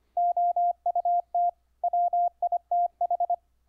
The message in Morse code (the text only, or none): OUT WITH